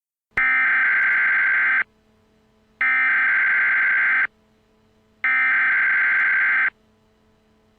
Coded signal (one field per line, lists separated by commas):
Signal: Emergency Alert System (SAME) tones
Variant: header bursts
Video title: Emergency Alert System: Invasion of the Mimes